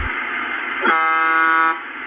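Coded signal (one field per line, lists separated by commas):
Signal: numbers station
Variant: UVB-76 (The Buzzer)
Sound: static hiss, then one harsh, harmonic-rich buzz just under a second long, then hiss again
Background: radio static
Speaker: okay so I'll play you one of the messages now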